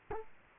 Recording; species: mosquito wingbeat signal from an infrared sensor; Culex quinquefasciatus